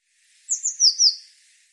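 Eurasian blue tit giving a high, thin call of four rapid downslurred notes in quick succession, clean and isolated against silence.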